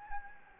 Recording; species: mosquito wingbeat signal from an infrared sensor; Anopheles gambiae